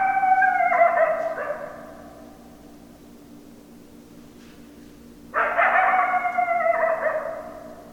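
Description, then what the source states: Coyote howls: one descending wail fades away, then after a pause a second starts abruptly and wavers with bright harmonics, steady low hum underneath. Several coyotes, recorded 10 December 2012.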